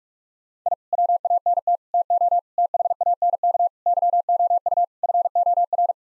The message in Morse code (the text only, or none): I WANT TO THANK YOU FOR